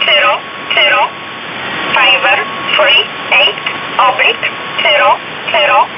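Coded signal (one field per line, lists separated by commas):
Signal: numbers station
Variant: E11 Oblique, English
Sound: a voice reading about seven short, evenly spaced words over shortwave hiss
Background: radio static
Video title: 27 05 2019 E11 Oblique Numbers station in English 0900 on 7439 unknown tx site in USB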